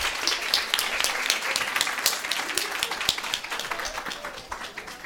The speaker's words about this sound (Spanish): Eso, le damos las gracias a todas y un fuerte aplauso a toda esta energía que estuvo. Le agradecemos que se hayan quedado hasta el cierre.